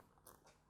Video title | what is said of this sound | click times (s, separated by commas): Vintage Ingersoll Continental EB8420 Pin Pallet Chrono & Phenix Stop Seconds Preview | oh thank goodness for that it's always a bit of a heart stopping moment when you hear that click | 0.3 s